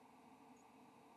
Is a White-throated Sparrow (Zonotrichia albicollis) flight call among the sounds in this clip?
no